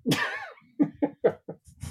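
An adult in the background coughs in a vicious, harsh coughing fit: about five cough bursts in rapid succession.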